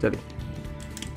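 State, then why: Seated. Someone talks while merging the two arm sections of an APC Toys APC 004 Dark Master plastic robot toy during its transformation, pressing a plastic arm tab into the mating slot of the torso. A short double click sounds at 1.0 s and 1.0 s as the tab seats and the arm panels clip together.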